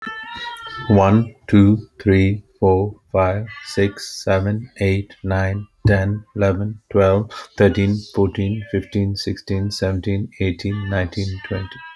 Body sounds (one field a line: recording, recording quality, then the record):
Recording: counting at a normal pace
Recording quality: moderate, slight background noise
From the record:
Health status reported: healthy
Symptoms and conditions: none ticked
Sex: male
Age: 37 years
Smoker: not ticked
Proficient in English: yes